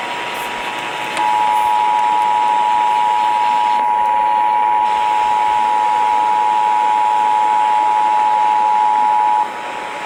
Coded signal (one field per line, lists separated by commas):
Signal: Emergency Alert System (SAME) tones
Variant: 853 and 960 Hz attention tone